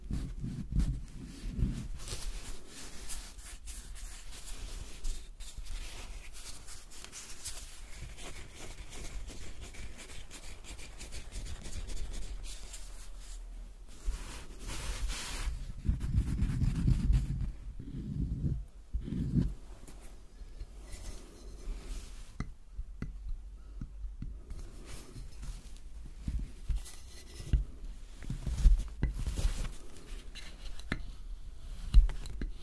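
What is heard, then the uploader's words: Soap being carved, with soft scraping and rubbing strokes and scattered crisp little clicks as pieces break away. The cutting comes in uneven bursts, with a few brief pauses, and a low thudding handling sound swells around the middle. ASMR Soap Carving. Relaxing soap cutting sounds.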